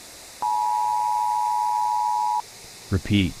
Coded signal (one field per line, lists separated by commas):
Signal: Emergency Alert System (SAME) tones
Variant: 853 and 960 Hz attention tone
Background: speech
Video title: EAS Nuclear Attack (8/12/3 May Saturday)